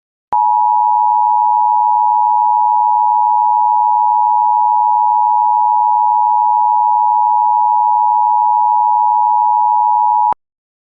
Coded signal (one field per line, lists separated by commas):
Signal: Emergency Alert System (SAME) tones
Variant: 853 and 960 Hz attention tone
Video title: EAS SCENARIO #8 - Countries are Disappearing!